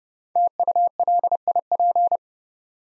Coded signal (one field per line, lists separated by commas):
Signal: Morse code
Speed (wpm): 30 wpm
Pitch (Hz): 700 Hz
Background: none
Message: TULIP